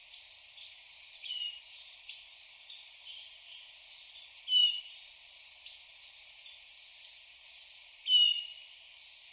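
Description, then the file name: Hermit thrush calls: a clear high note heard twice, over a background of faint, brief chirps. "Catharus guttatus call"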